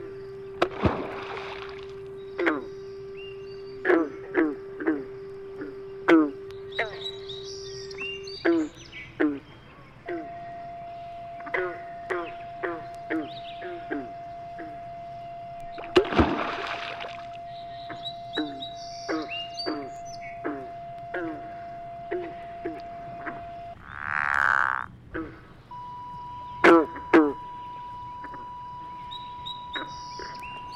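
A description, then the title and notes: A recording played through a transducer into an old gasoline can, giving it a hollow, metallic ring. Sharp taps and clicks come every second or so over a low rumble, while a steady hum holds one pitch, then steps higher twice. A brief swelling whoosh rises near the end. An East River Park Sound Walk in New York. The sound of a single recording made while circling the park. The recording played through a transducer and an antique gasoline can.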